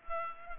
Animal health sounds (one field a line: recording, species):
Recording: mosquito wingbeat signal from an infrared sensor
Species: Culex pipiens